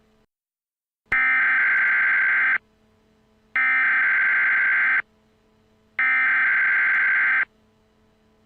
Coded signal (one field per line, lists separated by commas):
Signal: Emergency Alert System (SAME) tones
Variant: header bursts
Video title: [EAS Scenario] Technological Takeover Part 1